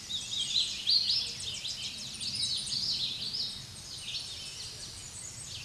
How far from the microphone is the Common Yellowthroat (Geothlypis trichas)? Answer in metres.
about 20 m